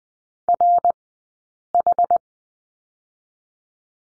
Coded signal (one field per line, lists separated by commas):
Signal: Morse code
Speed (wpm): 20 wpm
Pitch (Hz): 700 Hz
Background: none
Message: RH